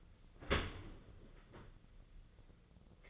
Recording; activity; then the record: daily activity, microphone in the room; open dishwasher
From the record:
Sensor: 4